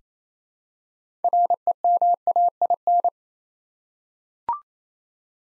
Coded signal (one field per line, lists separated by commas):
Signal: Morse code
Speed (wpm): 29 wpm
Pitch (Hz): 700 Hz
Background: none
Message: REMAIN